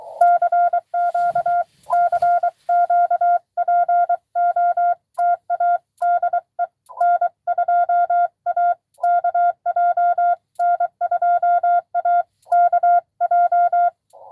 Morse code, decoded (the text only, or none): CQ CQ POTA DE N2AKJ N2AKJ